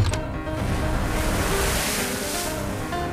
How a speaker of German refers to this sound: Schwere See. Das Kabel rollt aber weiterhin sauber ab. Wellen von 15 Fuß Höhe und mehr prallen auf die Great Eastern, die durch sie hindurchschneidet und weiter ihre Fahrt von 6 Knoten halten kann.